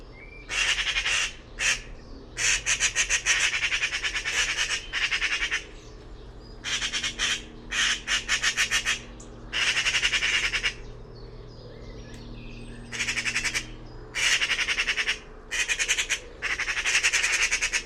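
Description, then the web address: Bird giving harsh, rasping chatter in rapid pulsed bursts separated by short pauses, over a steady low hum. "cianscape birddata Deverinetal 2025"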